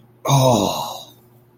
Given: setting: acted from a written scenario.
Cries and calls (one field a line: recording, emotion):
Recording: vocal sound without words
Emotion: embarrassment